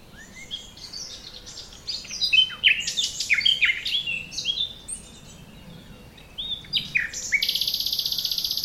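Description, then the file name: Common nightingale singing rich jumbled phrases of chirps and slurs, pausing, then ending on a steady high buzzing trill. "Luscinia megarhynchos"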